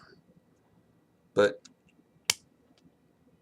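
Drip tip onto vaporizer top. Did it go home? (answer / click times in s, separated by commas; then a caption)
yes / 2.3 s. A mouthpiece drip tip is pushed and twisted onto the top of a new VapeMate vaporizer, a very tight fit. Someone talks briefly, then a loud, sharp snap at 2.3 s shows the tip seating in place.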